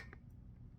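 A new paper cartridge oil filter element for a 2023 Kia Sportage SX is pushed onto its plastic filter housing cap. It gives a short, sharp click at 0.1 seconds over a low background hum. The element is seated solidly on the cap.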